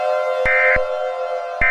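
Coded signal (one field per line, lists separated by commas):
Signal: Emergency Alert System (SAME) tones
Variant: end-of-message bursts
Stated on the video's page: Fictional EAS scenario series, simulated alerts.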